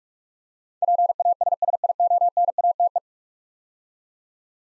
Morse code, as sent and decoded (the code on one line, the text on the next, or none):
.--. .- ... ... .. --- -. .- - .
PASSIONATE